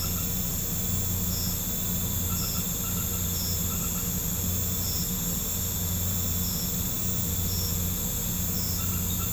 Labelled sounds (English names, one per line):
none